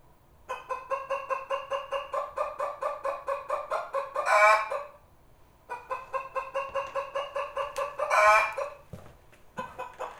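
Chicken cackling: a rapid series of clipped clucks building to a loud, harsh squawk, the whole sequence repeated twice, with a few scattered clucks at the end.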